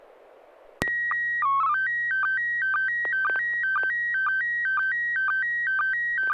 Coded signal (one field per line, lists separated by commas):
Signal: SSTV (slow-scan television)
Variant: PD 120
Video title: N6NA SSTV Net - 03/12/2025